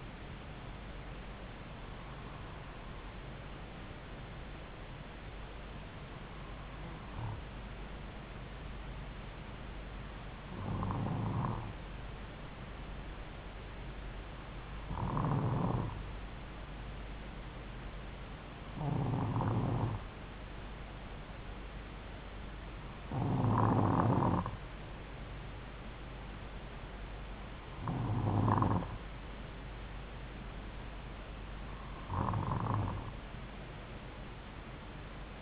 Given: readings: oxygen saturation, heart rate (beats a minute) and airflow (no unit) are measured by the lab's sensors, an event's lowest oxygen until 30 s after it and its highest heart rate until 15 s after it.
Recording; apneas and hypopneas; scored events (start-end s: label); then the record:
breathing in sleep by a voice recorder at the bedside; none
none scored
From the record:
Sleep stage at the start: N2 (light sleep); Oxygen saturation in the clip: 93%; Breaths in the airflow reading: 8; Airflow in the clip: -2.9 to 2.3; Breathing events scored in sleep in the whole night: 270 in 6.1 hours asleep